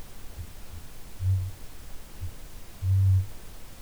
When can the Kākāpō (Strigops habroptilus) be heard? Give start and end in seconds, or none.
0.30-0.54, 1.10-3.36